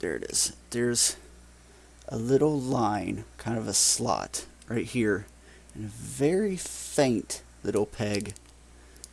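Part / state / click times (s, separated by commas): plastic peg on toy figure part into slot on body / seated / 9.0 s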